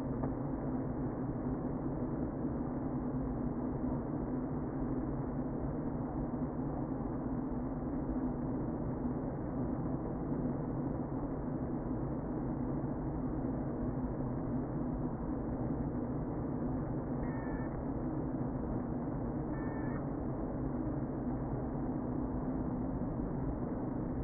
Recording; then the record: honeybee colony, microphone inside the hive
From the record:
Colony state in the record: queen present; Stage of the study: before two queens were removed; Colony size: about 60,000 bees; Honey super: yes